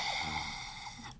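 An adult imitating snoring from the tongue base: a 'Darth Vader-like' snore rather than the typical rattling kind, produced when lying down as the jaw falls back under gravity and narrows the passage at the tongue base.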